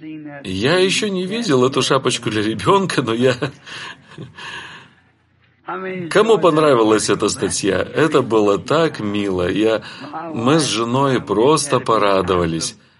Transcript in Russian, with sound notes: я ещё не видел эту шапочку для ребёнка, но я… [Брат Бранхам смеётся—Ред.] Кому понравилась эта статья? Это было так мило. Я… Мы с женой просто порадовались.